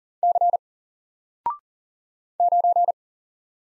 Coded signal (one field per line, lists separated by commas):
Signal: Morse code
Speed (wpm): 40 wpm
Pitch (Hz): 700 Hz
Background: none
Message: C 9